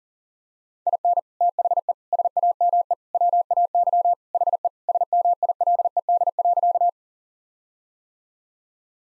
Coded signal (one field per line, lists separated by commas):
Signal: Morse code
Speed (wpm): 40 wpm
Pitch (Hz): 700 Hz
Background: none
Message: IN THE SAME WAY HE SMILED.